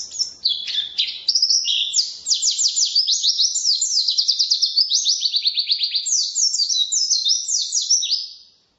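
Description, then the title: White-eye in sustained song: a fast, unbroken stream of high, thin chirps and trills that stays loud for about eight seconds before stopping abruptly. Wild-type ('ngalas') white-eye song filler ('isian') used as a tutor recording (masteran) for training songbirds. "mster Mnuk. Pleci ngalas isian untuk masteran"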